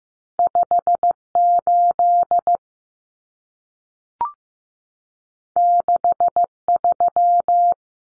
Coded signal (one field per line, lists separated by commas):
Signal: Morse code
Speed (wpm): 15 wpm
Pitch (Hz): 700 Hz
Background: none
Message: 58 63